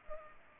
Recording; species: mosquito wingbeat signal from an infrared sensor; Culex pipiens